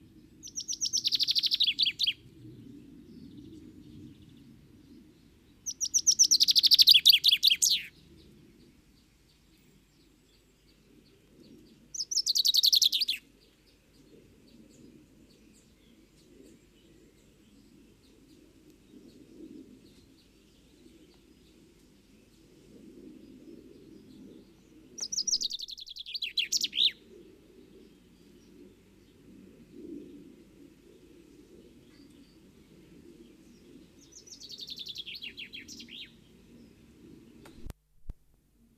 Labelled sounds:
Common Chaffinch (Fringilla coelebs) song

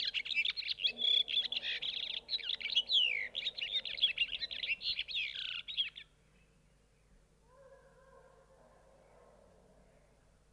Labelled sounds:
European Serin (Serinus serinus) song

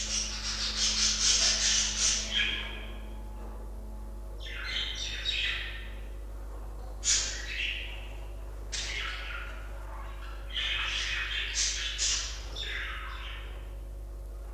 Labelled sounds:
Budgerigar (Melopsittacus undulatus) call

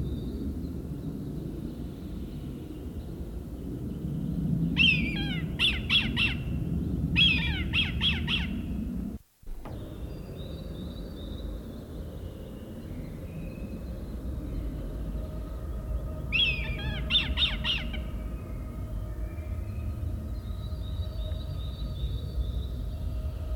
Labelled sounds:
Red Kite (Milvus milvus) call

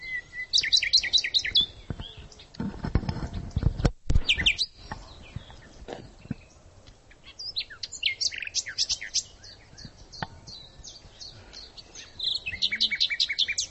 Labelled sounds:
Common Nightingale (Luscinia megarhynchos) song

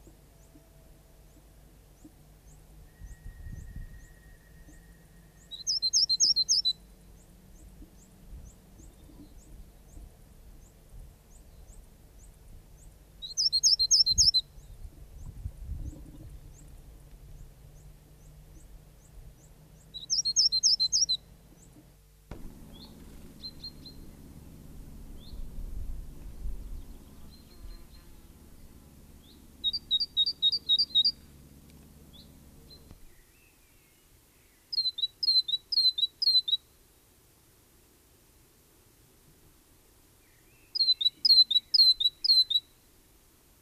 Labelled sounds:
Great Tit (Parus major) song

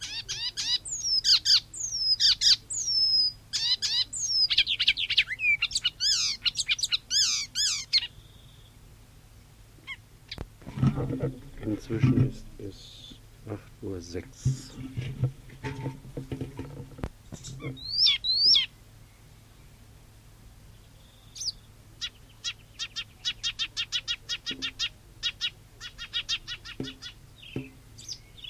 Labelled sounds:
Icterine Warbler (Hippolais icterina) song

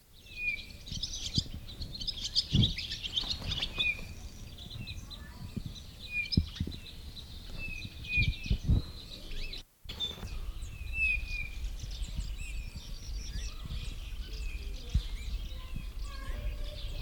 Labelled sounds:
Eurasian Bullfinch (Pyrrhula pyrrhula)

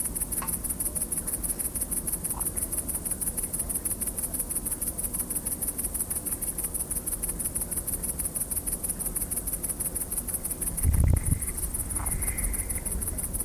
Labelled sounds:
Great Green Bush-cricket (Tettigonia viridissima) stridulation

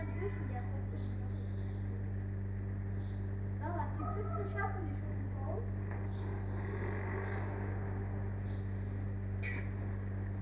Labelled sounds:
Arctic Fox (Vulpes lagopus)

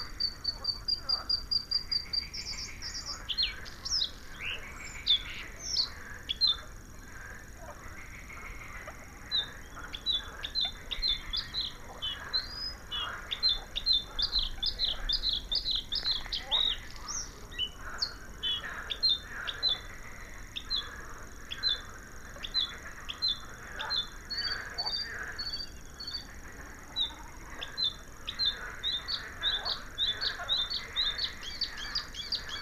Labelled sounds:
Bluethroat (Luscinia svecica) song

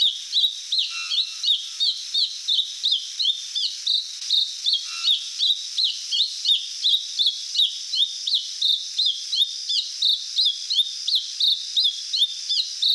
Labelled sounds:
Mountain Thrush (Turdus plebejus) song

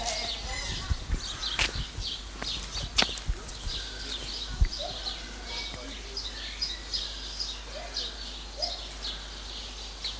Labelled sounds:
Lar Gibbon (Hylobates lar)

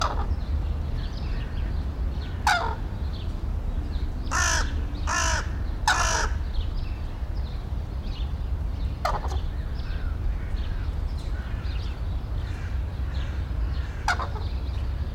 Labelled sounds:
Red-crowned Crane (Grus japonensis) call

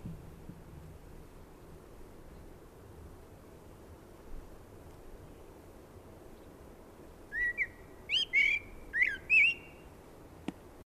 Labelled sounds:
Common Blackbird (Turdus merula) song

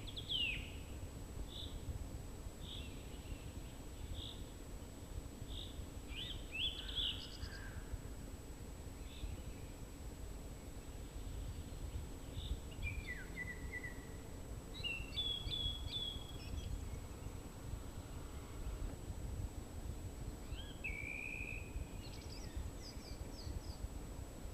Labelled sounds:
Song Thrush (Turdus philomelos) song

